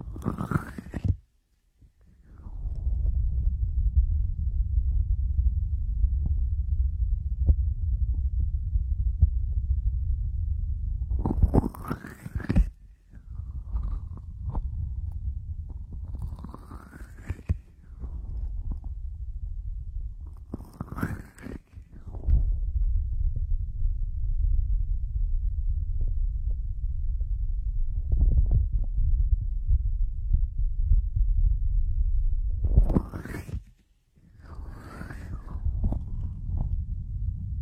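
Warm hands massage and rub both ears, giving a steady low, muffled rumbling rub for long stretches. About five times, near 0, 12, 17, 21 and 34 seconds, a sharper brushing swipe rises into a bright hiss, often followed by a brief hush.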